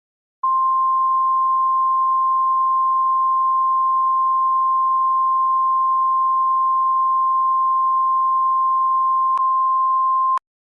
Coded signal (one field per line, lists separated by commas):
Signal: Emergency Alert System (SAME) tones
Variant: 1050 Hz attention tone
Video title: EAS Severe Thunderstorm Warning (Boyd, KY and Lawrence, OH Counties)